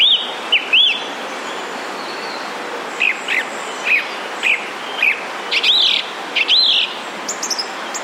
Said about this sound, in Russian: Певчий дрозд повторяет по два раза.